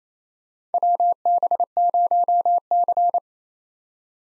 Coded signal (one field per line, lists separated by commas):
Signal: Morse code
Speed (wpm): 27 wpm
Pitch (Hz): 700 Hz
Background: none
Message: WB0C